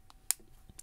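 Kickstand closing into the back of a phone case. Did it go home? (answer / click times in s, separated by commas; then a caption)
yes / 0.3 s. The hinged kickstand on the back of a two-part Spigen protective case for an iPhone 15 is closed. It snaps into its closed position with one sharp, bright click at 0.3 s. Fainter ticks come before and after it. The kickstand seats firmly shut.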